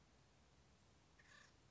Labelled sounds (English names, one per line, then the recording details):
Acorn Woodpecker
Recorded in Sonoma County, California